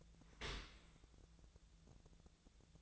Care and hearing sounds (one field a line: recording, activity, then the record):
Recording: daily activity, microphone in the room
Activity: open dishwasher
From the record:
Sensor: 3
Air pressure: 1000.5 hPa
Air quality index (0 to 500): 174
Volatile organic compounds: 3 ppm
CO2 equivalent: 1508 ppm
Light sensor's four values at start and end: 14/36/14/16 and 14/36/14/16